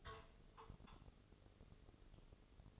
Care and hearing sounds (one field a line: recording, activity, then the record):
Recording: daily activity, microphone in the room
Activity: take from stove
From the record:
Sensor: 4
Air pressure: 996.1 hPa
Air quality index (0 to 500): 73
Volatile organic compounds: 3 ppm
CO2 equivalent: 1349 ppm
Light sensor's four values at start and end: 18/50/19/20 and 18/50/19/20